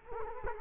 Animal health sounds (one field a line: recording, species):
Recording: mosquito wingbeat signal from an infrared sensor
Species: Culex quinquefasciatus